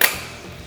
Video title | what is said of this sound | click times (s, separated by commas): LCT AK-105 AK74 Customized Airsoft Gun Review | You can also get black SEMA ones, obviously the SEMA internal, so it fits nice and snug on there, locks into place. | 0.0 s